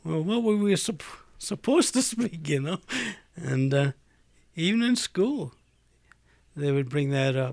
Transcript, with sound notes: "Well, what were we supposed to speak?" You know? ( he laughs ) And even in school they would bring that up.